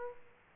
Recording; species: mosquito wingbeat signal from an infrared sensor; Aedes aegypti